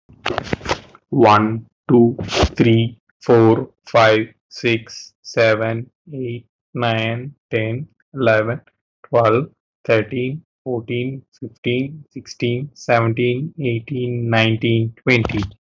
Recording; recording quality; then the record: counting at a normal pace; excellent, no background noise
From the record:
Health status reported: healthy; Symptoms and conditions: cough, cold, loss of smell and taste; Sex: male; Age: 28 years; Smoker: not ticked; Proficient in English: yes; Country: India